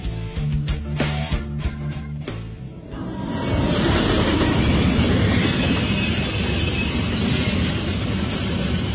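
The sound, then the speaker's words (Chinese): A train rolls south along the Beijing–Guangzhou railway, opening with rhythmic wheel clicks and thumps before settling into a loud, steady roar of rumbling wheels and rushing noise. “好了，我们接下来啊，跟着易阳顺着京广铁路一路向南，路过好客山东，到了豪爽好客的山东齐鲁大地”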